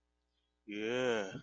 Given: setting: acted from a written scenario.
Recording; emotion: vocal sound without words; contempt